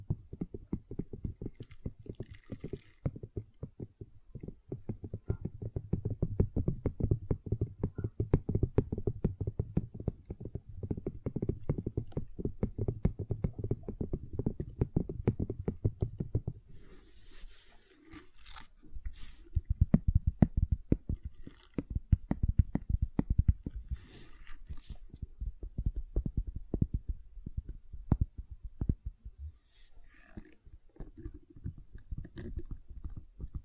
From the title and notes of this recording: ASMR Gentle Silicon Sounds for Sleep (No Talking).